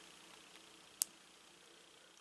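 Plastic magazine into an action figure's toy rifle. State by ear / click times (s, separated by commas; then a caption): seated / 1.0 s. A small plastic magazine is pushed back into the toy rifle of a G.I. Joe Classified Spirit Iron Knife action figure. It snaps into place with one sharp, bright click at 1.0 s, with only faint small ticks at about 0.6 s and 2.2 s over a quiet, steady hiss. The magazine is seated.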